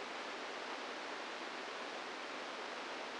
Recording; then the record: brain microelectrode recording played as sound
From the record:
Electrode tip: inside the subthalamic nucleus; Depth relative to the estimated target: 1 mm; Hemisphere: right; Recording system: NeuroSet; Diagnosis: Parkinson's disease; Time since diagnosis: 10 years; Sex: female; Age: 45 years